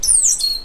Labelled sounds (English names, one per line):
Stitchbird song